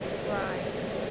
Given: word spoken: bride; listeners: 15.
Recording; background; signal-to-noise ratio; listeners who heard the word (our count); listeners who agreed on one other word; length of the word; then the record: one English word in noise, from a listening test; speech-shaped noise; -5.3 dB; 2 of 15; 8 of 15; 0.71 s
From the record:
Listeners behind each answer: 8, 2, 2, 1, 1, 1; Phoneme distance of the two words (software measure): 10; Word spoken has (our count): 1 syllable, 4 phonemes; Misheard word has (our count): 1 syllable, 4 phonemes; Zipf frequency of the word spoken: 4.21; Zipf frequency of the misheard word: 4.48